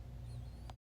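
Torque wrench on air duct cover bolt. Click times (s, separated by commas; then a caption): 0.7 s. A 1/4 inch drive torque wrench tightens the T27 bolts on the air duct cover assembly of a 2024+ Street Glide to 25–30 inch-pounds over a steady low rumble with faint high whistling tones. A single sharp click at 0.7 s marks the wrench reaching its setting, and the sound cuts off shortly after.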